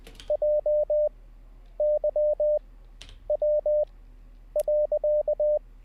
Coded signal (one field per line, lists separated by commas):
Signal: Morse code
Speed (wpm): 20 wpm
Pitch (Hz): 600 Hz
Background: none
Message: JYW.